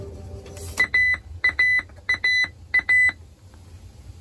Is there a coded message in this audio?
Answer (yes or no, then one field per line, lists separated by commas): no